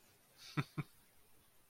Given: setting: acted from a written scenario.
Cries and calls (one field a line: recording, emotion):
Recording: vocal sound without words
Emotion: pride